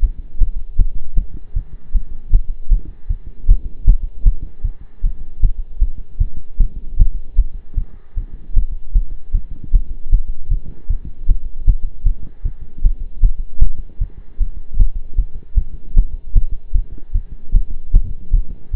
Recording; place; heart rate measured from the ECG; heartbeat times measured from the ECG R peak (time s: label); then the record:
heart sounds by stethoscope; between the tricuspid and mitral areas; 154 bpm
0.02 s: heartbeat
0.41 s: heartbeat
0.79 s: heartbeat
1.17 s: heartbeat
1.56 s: heartbeat
1.94 s: heartbeat
2.33 s: heartbeat
2.71 s: heartbeat
3.09 s: heartbeat
3.49 s: heartbeat
3.87 s: heartbeat
4.26 s: heartbeat
4.64 s: heartbeat
5.03 s: heartbeat
5.42 s: heartbeat
5.81 s: heartbeat
6.20 s: heartbeat
6.60 s: heartbeat
6.99 s: heartbeat
7.38 s: heartbeat
7.77 s: heartbeat
8.17 s: heartbeat
8.56 s: heartbeat
8.95 s: heartbeat
9.34 s: heartbeat
9.73 s: heartbeat
10.12 s: heartbeat
10.51 s: heartbeat
10.89 s: heartbeat
11.28 s: heartbeat
11.67 s: heartbeat
12.05 s: heartbeat
12.45 s: heartbeat
12.84 s: heartbeat
13.23 s: heartbeat
13.61 s: heartbeat
14.01 s: heartbeat
14.40 s: heartbeat
14.79 s: heartbeat
15.18 s: heartbeat
15.57 s: heartbeat
15.96 s: heartbeat
16.36 s: heartbeat
16.74 s: heartbeat
17.14 s: heartbeat
17.54 s: heartbeat
17.94 s: heartbeat
18.33 s: heartbeat
18.73 s: heartbeat
From the record:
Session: pedaling a stationary bicycle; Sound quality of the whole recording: partially saturated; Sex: male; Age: 23 years